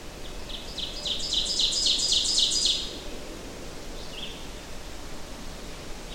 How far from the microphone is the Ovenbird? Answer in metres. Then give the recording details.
about 15 m. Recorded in boreal forest in Alberta, Canada, on 23 June 2016 at 08:12. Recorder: SongMeter 3, array SBT-6-76. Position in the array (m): 25 m, 104 m. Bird 2